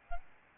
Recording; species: mosquito wingbeat signal from an infrared sensor; Aedes albopictus